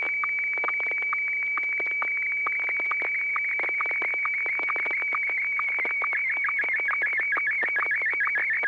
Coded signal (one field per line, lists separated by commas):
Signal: SSTV (slow-scan television)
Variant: Martin 1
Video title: N6NA SSTV Net - 01/27/2021